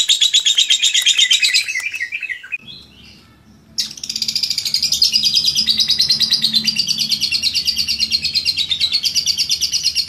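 Lovebird twittering rapidly in shrill bursts; a short gap with a low hum near three seconds, then the fast, high chatter picks up again.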